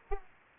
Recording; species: mosquito wingbeat signal from an infrared sensor; Aedes aegypti